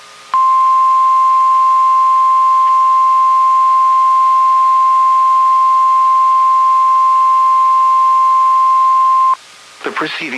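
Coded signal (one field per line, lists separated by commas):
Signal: Emergency Alert System (SAME) tones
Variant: 1050 Hz attention tone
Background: speech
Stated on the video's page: Weekly weather radio tests.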